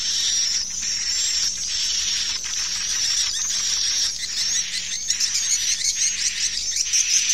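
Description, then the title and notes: Swiftlets give thin, high twittering calls without pause, with rougher bursts at irregular intervals and a faint low hum underneath. Swiftlet farming, Asia. "Swiflet Bird Sound. Farming Swiflet Bird asia sound"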